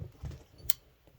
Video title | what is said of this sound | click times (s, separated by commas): Rough Rider (Ryder) Blackwood Work Knife - RR1708, A Pen or Pocket Knife? | and you can actually hear it clip in which is a good thing so a good start | 0.7 s